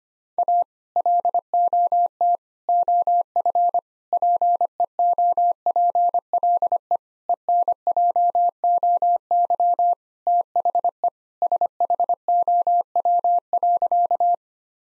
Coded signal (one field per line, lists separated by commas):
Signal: Morse code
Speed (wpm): 25 wpm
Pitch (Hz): 700 Hz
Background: none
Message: A LOT OF PEOPLE ENJOY THE SHOW.